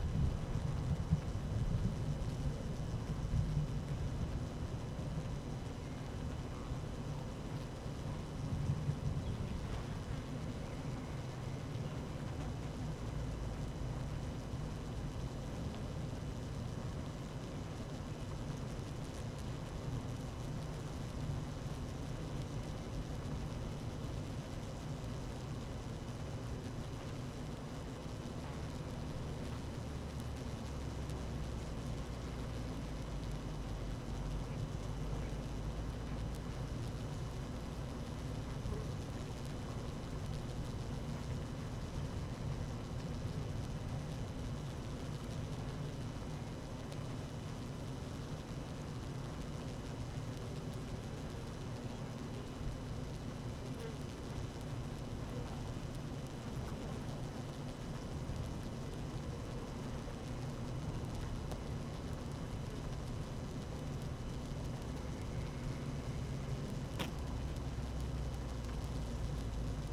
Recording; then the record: honeybee colony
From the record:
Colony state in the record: active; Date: 12 June 2018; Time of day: 12:34